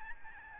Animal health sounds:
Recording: mosquito wingbeat signal from an infrared sensor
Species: Aedes albopictus

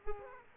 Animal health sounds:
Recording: mosquito wingbeat signal from an infrared sensor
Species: Aedes aegypti

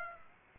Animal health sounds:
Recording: mosquito wingbeat signal from an infrared sensor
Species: Aedes aegypti

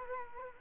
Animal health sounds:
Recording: mosquito wingbeat signal from an infrared sensor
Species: Culex quinquefasciatus

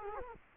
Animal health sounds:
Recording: mosquito wingbeat signal from an infrared sensor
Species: Culex quinquefasciatus

